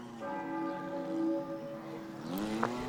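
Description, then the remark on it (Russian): The horn of a liner standing in the bay sounds one long, steady, rich tone with a bell-like ring. Its pitch shifts slightly near the end, and no one speaks. “Думаете, это был корабль, который сейчас стоит в бухте? Вы его слышите?”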